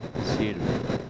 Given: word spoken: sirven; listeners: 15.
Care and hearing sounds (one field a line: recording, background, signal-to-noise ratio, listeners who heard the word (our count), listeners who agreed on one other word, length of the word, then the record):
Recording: one Spanish word in noise, from a listening test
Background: noise modulated by three-talker babble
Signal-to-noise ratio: -4.8 dB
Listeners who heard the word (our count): 0 of 15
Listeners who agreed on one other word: 8 of 15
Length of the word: 0.70 s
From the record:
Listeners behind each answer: 8, 2, 2, 1, 1, 1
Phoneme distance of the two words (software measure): 7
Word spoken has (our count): 2 syllables, 6 phonemes, stress on syllable 1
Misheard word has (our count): 2 syllables, 5 phonemes, stress on syllable 1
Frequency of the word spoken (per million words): 27.70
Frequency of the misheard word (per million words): 60.85